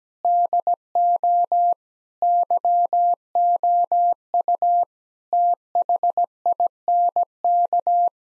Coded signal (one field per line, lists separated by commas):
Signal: Morse code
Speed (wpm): 17 wpm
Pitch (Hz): 700 Hz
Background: none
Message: DO YOU THINK